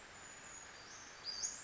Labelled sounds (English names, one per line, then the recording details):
Brown Creeper
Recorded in Sonoma County, California